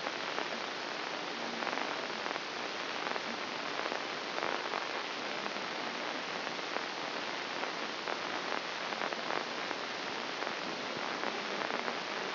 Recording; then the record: brain microelectrode recording played as sound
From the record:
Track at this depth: inside the subthalamic nucleus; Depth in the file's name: 6.305 mm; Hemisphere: left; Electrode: 2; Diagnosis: Parkinson's disease